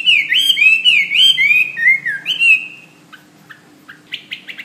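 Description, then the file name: Hwamei song: rich whistled phrases sliding up and down, then a pause with a few soft notes and a short burst of chirps. "omkicau hwamey"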